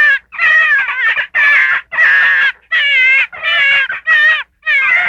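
Gray fox uttering strained, warbling yelps and whines in quick succession, pitch wobbling up and down within each call, no other sounds.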